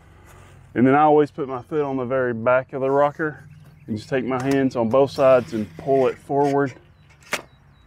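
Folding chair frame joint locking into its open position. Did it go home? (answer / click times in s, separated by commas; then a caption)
yes / 7.3 s. Someone talks while a foot rests on the back of a folding rocker camping chair and both hands pull the frame forward to open it. A sharp click at 7.3 s is the frame joint locking into its open position, so the chair is set up.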